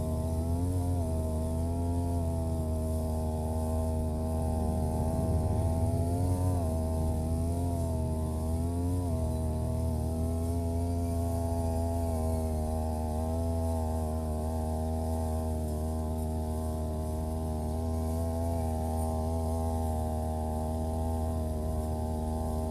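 A brush cutter drones steadily through the whole stretch, cutting grass along rows of green onions. Its engine pitch wavers, dipping and climbing as the blade bites around five to nine seconds, then holds a fairly even whine with a low rumble underneath.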